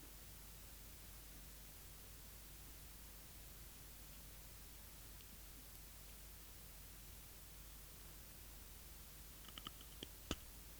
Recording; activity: daily activity, guitar pickup as the sensor; eat